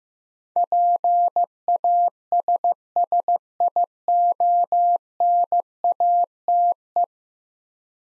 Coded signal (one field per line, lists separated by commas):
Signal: Morse code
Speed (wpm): 15 wpm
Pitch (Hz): 700 Hz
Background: none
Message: PASSIONATE